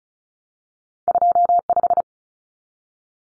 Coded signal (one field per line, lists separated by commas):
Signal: Morse code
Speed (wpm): 34 wpm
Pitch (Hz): 700 Hz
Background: none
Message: 25